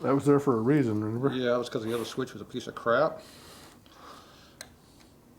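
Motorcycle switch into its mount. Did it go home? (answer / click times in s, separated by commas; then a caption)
yes / 4.6 s. On a 1958 Harley panhead 74ci rebuild, a replacement motorcycle switch with a rubber boot is pushed into its mounting spot after old custom tape has been cleared away. Someone talks for the first three seconds, then a single sharp pop sounds at 4.6 s as the switch seats in its mount.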